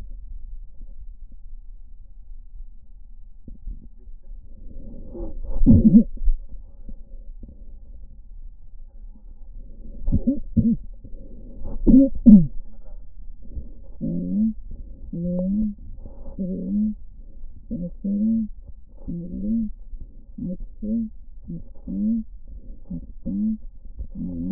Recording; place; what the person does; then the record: lung sounds by stethoscope; left posterior apical chest; quiet breathing, then cough and speech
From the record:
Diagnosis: COPD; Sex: female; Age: 68 years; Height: 150 cm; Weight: 70 kg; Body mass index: 31.1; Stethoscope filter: diaphragm mode